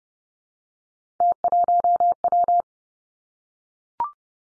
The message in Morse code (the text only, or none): T1W